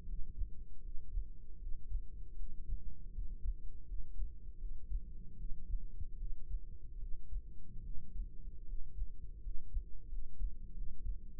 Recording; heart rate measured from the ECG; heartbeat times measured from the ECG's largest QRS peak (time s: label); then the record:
heart sounds by microphone in the right ear; 79 bpm
0.03 s: heartbeat
0.79 s: heartbeat
1.57 s: heartbeat
2.34 s: heartbeat
3.10 s: heartbeat
3.84 s: heartbeat
4.57 s: heartbeat
5.35 s: heartbeat
6.16 s: heartbeat
6.97 s: heartbeat
7.81 s: heartbeat
8.63 s: heartbeat
9.39 s: heartbeat
10.07 s: heartbeat
10.72 s: heartbeat
11.36 s: heartbeat
From the record:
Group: healthy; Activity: rest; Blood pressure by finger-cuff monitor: 139/79 mmHg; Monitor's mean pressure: 93 mmHg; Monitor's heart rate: 77 bpm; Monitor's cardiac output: 5.6 L/min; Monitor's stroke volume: 73 mL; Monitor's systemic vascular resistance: 1230 dyn s/cm5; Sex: male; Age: 20 years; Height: 167 cm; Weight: 61 kg